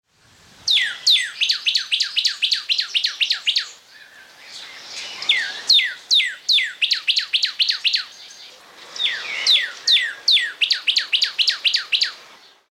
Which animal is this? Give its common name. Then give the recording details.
Northern Cardinal. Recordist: Tembrock, Günter. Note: Gesang